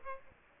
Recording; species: mosquito wingbeat signal from an infrared sensor; Aedes aegypti